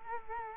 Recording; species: mosquito wingbeat signal from an infrared sensor; Culex quinquefasciatus